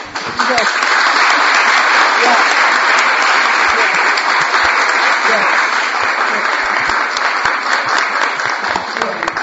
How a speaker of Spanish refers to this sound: Yo les pido un aplauso.